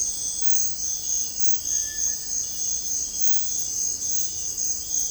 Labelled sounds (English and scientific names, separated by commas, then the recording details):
Cinereous Tinamou (Crypturellus cinereus)
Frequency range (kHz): Cinereous Tinamou (Crypturellus cinereus) 1.3-2.1 kHz
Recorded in dense forest near Puerto Asís, Putumayo, Colombia, on 21 February 2024 at 06:00
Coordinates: 0.487, -76.319
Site G6403